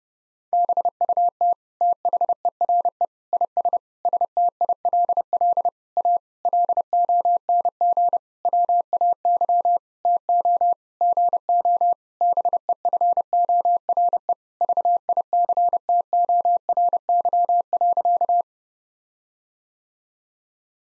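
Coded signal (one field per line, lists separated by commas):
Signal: Morse code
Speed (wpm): 32 wpm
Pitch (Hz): 700 Hz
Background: none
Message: BUT THERE IS STILL A LONG WAY TO GO BEFORE VICTORY.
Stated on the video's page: Morse code sentence copying practice at 30 wpm built from common nine-word phrases; each sentence is sent in Morse, then spoken, then sent again.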